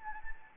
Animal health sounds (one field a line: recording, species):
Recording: mosquito wingbeat signal from an infrared sensor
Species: Anopheles gambiae